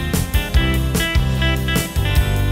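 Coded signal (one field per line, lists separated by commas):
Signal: none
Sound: guitar music outro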